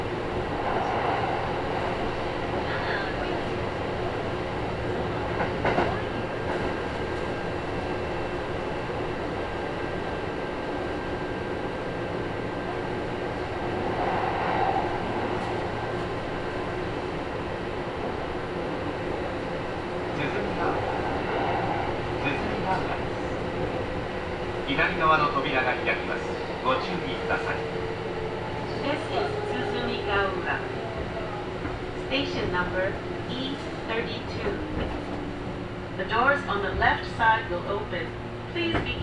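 Aboard a Kintetsu express train at Ise-Wakamatsu, a steady low rumble and humming tone run throughout. Brief clunks come at about 6, 14 and 21 seconds, and from around 25 seconds voices or an announcement rise over the busier, more uneven running noise.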